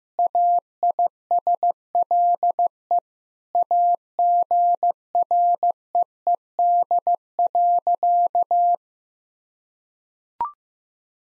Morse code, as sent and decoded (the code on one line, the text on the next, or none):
.- .. ... .-.. . / .- --. .-. . . -.. .-.-.-
AISLE AGREED.